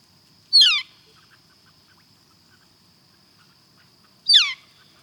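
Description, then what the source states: Northern Flicker contact call: two loud, short downslurred notes about four seconds apart, with a steady faint high whine running underneath. Contact call given when two birds are together, checking in with each other; Xeno-Canto recording by Christopher McPherson.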